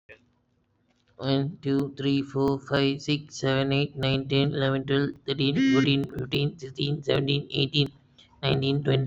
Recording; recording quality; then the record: counting at a fast pace; excellent, no background noise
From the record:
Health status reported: COVID-19 positive, mild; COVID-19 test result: positive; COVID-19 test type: RT-PCR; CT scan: not taken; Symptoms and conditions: cold, fever, muscle pain, diabetes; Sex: male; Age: 32 years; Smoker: no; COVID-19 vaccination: one dose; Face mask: not worn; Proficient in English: yes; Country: India